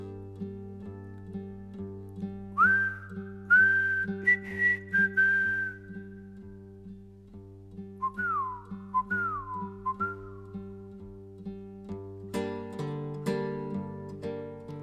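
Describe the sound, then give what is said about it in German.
A whistled refrain of a soldiers' song, two short melodic phrases with sliding notes, the last notes whistled off-key, carried over a steady, pulsing instrumental accompaniment that swells near the end. “hatten als geheimes Erkennungszeichen einen Pfiff, den Refrain eines Soldatenliedes, das damals gebrüllt wurde und heute immer noch gebrüllt wird.”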